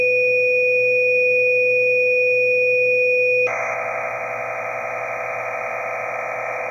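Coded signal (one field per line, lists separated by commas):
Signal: MT63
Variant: MT63-2000L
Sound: two steady tones for about 3 seconds, then a dense, warbling, hiss-like data roar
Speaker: all right here we go TX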